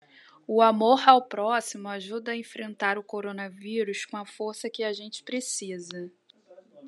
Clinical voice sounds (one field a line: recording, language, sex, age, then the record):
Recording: spoken sentence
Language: Brazilian Portuguese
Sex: female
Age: 30 to 39 years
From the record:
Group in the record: control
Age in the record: 36 years